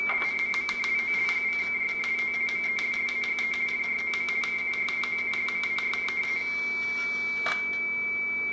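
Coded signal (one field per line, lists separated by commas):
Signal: RTTY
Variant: Baudot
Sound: warbling two-tone teletype chirping alongside rapid mechanical clattering and a low steady hum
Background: teleprinter clatter, mains hum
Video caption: Let's see if that works, let's send a message. [Baudot RTTY tones]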